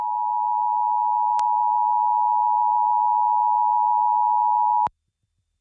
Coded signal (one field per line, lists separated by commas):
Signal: Emergency Alert System (SAME) tones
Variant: 853 and 960 Hz attention tone